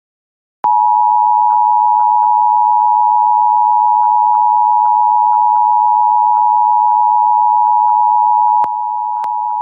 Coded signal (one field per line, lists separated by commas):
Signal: Emergency Alert System (SAME) tones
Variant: 853 and 960 Hz attention tone